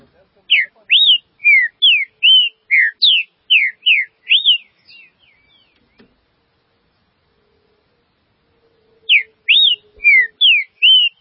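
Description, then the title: Green-winged saltator song: a phrase of about ten loud, clear whistled notes, mostly falling slurs, then a pause and the phrase starting again. "Trinca Ferro"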